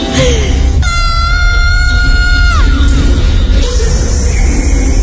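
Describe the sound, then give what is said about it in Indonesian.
A loud, sustained high-pitched scream of terror holds steady for about two seconds, then breaks off with a falling pitch, over a constant rumbling background noise. “Aku berteriak sekeras mungkin.”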